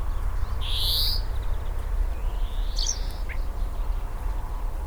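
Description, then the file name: European greenfinch calls: a bright buzzy burst followed by a longer, drawn-out rising wheezy note, over constant low rumbling background noise. "Chloris chloris"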